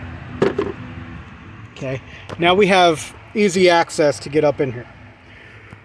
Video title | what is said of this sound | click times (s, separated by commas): How To Change A Heater Actuator In A Chrysler 200 - Who Designs This Stuff? | down it pops right off so we're just going to pop that off and set it to the side here | 0.4 s